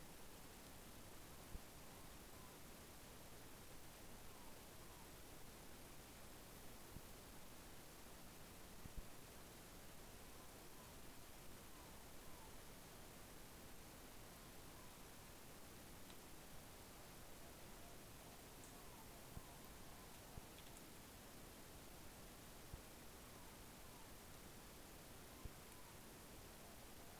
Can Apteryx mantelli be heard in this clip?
no